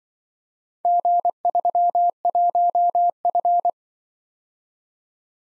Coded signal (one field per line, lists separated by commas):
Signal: Morse code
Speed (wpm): 23 wpm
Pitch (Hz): 700 Hz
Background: none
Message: G31F